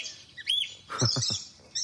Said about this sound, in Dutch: Dat is een bontboertje, Afrikaans papegaaisoort.